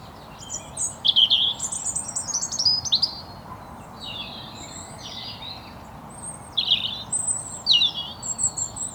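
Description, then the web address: European robin song, a run of tumbling high-pitched warbles and thin whistles, falling quiet for a few seconds before another bright, varied phrase. "SETE data Erithacus rubecula"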